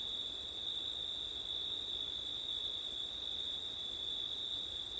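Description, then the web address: Cricket chorus of unbroken high trilling in two bands, one shrill and one very high, with a soft wind hiss underneath and a short gap in the top band. Crickets on a September night, with wind, recorded with an ORTF stereo microphone setup. "audio crickets wind september night ortif"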